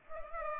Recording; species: mosquito wingbeat signal from an infrared sensor; Culex pipiens